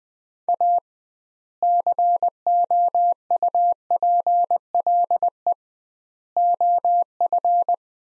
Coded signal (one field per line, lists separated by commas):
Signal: Morse code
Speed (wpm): 20 wpm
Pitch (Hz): 700 Hz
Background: none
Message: A COUPLE OF